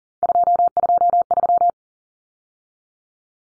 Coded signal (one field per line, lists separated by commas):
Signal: Morse code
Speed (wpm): 39 wpm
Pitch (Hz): 700 Hz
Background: none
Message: 223